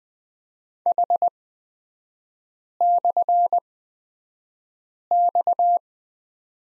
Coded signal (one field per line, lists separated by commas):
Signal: Morse code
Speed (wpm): 20 wpm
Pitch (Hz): 700 Hz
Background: none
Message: H/X